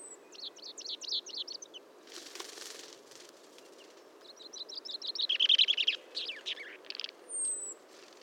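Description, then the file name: Common chaffinch giving two song phrases, each a quick series of bright repeated notes, the second ending in a flourish; a rustling noise and thin high whistles occur. "Fringilla coelebs"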